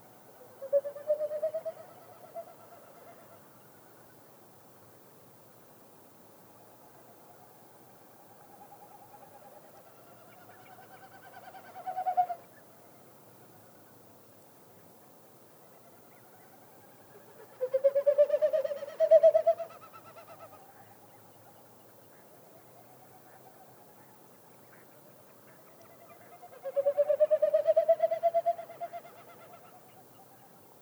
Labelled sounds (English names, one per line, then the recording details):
Wilson's Snipe
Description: It's spring in Yellowstone